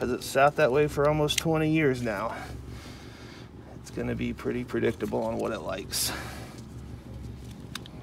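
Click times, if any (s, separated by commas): 7.8 s, 7.9 s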